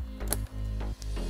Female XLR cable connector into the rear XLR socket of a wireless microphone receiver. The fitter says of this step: il est verrouillé lorsque vous entendez le petit clic